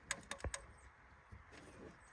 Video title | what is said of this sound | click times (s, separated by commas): Toyota 4Runner Maintenance Part-3 | This is just a nice little locking tab. You hear it click. | 0.1 s